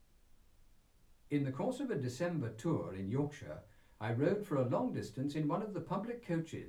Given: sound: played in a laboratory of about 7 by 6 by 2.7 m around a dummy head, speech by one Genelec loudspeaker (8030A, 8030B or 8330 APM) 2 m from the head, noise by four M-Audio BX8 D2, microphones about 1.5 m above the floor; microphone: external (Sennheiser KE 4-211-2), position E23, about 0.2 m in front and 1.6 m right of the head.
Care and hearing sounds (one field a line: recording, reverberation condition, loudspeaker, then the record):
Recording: male speech in English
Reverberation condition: low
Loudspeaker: 60 degrees to the left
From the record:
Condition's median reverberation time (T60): about 310 ms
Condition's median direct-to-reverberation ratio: about 3.5 dB